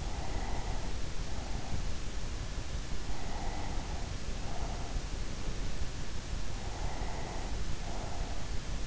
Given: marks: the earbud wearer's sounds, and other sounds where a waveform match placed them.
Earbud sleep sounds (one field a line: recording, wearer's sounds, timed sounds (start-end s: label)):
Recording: sounds in sleep by an in-ear microphone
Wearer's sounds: breath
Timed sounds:
0.13-1.99 s: breath
3.16-5.42 s: breath
6.48-8.87 s: breath